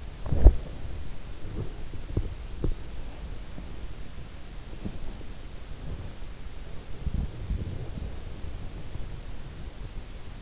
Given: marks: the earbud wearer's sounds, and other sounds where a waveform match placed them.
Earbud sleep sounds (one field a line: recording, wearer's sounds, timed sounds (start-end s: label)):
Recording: sounds in sleep by an in-ear microphone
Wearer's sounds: body movement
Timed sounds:
0.00-10.42 s: body movement